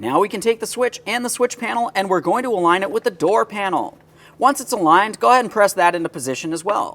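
A plastic rear window switch panel, with the switch fitted, is handled and lined up with the rear door trim panel of a 2015-2019 Subaru Outback while someone talks throughout. Nothing has seated or clicked yet; the clip ends just before the panel is pressed home.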